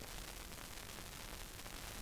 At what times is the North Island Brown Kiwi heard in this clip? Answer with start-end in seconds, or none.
none